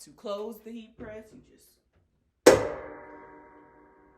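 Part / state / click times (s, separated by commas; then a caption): heat press upper platen locking onto the lower plate / seated / 2.5 s. Someone talks, then a Fancier Studios 16x24 pull-out heat press is closed, bringing the upper platen down onto the lower plate until the metal handle locks. A loud metallic clang at 2.5 s rings out and fades over about a second and a half. The lid locks closed with that click.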